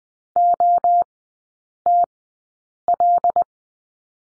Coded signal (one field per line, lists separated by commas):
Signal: Morse code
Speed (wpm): 20 wpm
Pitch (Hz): 700 Hz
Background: none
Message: OTL